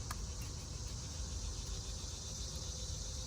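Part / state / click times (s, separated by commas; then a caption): wiring connector into camshaft position sensor / seated / 0.1 s. An electrical cable connector is pushed back onto a newly installed camshaft position sensor on a Mercedes-Benz R230 SL500/SL550 and snaps into place. A single short, sharp click at 0.1 s marks the connector latching, over a steady background of low rumble and high-pitched hiss.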